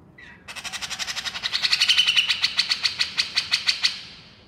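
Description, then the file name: Grey-cheeked bulbul giving a steady, fast run of harsh pulsed notes lasting about three and a half seconds. Female bird; described as gacor, actively and energetically vocalising. "suara cucak jenggot betina gacor"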